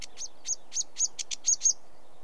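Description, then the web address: Sedge warbler giving a brief series of several scratchy notes with thin whistled tips. In Britain. "The BBC Sound Effects Library - Complete 60 CDs Collection Sound Effects Library-12 (British Birds) 16 Sedge Warbler"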